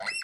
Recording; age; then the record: pig call; piglet (1 to 25 days)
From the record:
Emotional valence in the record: negative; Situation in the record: short isolation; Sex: female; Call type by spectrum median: high-frequency call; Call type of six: mixed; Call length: 0.24 s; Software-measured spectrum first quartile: 1988 Hz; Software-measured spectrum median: 2948 Hz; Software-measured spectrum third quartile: 5921 Hz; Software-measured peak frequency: 2023 Hz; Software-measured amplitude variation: 158 dB a second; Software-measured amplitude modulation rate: 12.6 a second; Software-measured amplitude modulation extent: 12.5 dB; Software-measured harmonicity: 11.1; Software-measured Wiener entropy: -3.77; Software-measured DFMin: 645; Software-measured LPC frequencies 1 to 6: 749, 1518, 2037, 2704, 4147, 5358 Hz